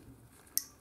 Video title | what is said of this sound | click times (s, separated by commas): Replacing a 1967 MGB hydraulic brake light pressure switch | ooh a nice little click there's | 0.6 s